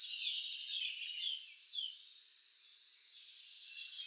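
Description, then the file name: European robin song, dense high warbling trills in the first half, then quieter thin notes. "Erithacus rubecula"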